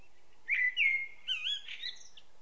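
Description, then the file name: Common blackbird song phrase: a rich fluty whistle, held and wavering, then breaking into a high thin twitter. "Turdus merula"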